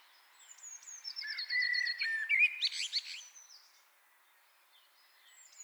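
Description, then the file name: Common blackbird song phrase: a few mellow whistles leading into a squeaky, scratchy high flourish, then near silence with a faint high note at the end. "Turdus merula"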